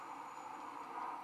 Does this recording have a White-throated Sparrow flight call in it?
no